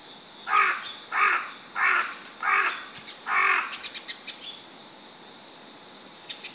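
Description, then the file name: Carrion crow giving five harsh, hoarse caws about once every 0.7 seconds, followed by softer clicking notes, with a steady insect-like buzz behind. "Corvus corone"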